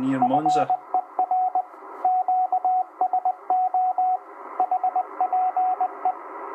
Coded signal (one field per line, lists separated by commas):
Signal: Morse code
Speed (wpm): 20 wpm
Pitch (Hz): 740 Hz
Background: speech, radio noise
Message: FER QSO HPE